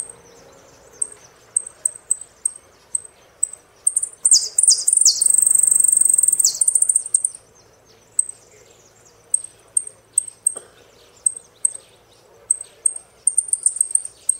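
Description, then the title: Saffron finch song: short high chips repeated steadily, then a loud buzzy trill with sharp rising and falling notes, followed again by scattered high chips. "Jilguero Argentino"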